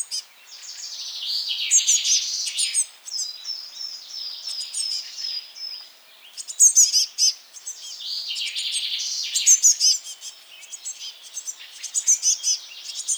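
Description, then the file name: Eurasian blue tit calls, thin high chirps mixed with buzzy churring notes, rising and falling in bursts throughout. "Cyanistes caeruleus"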